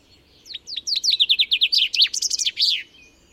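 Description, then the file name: Common chaffinch song: a loud, rapid chain of bright descending notes that closes with a brisk terminal flourish. "Fringilla coelebs"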